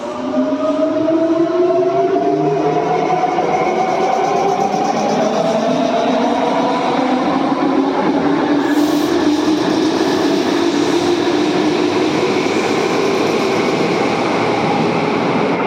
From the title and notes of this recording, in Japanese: 鉄道走行音。名鉄100系141F 庄内緑地公園 出発。